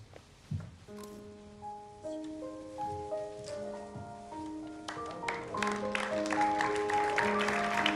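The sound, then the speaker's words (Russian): Audience applause at a fashion show swells in the second half as a model in a wedding dress walks out, a dense crackle of many hands clapping over a slow, sustained melodic music line that plays throughout. “Все аплодируют.”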